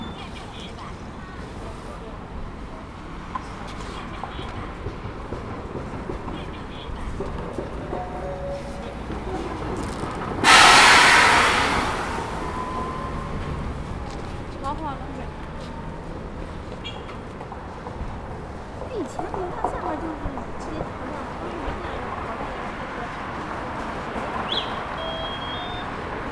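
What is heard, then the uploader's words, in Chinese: Waiting for someone at Peking University's south gate: a steady low rumble of city traffic with scattered voices throughout. Around ten seconds a loud burst of hiss, like air brakes or a passing vehicle, lasts about two seconds, then the murmur settles back. 仿佛在北大南门等人｜城市声音。气温在1度左右。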